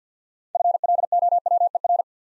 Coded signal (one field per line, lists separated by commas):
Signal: Morse code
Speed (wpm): 48 wpm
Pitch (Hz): 700 Hz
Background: none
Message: FLOWER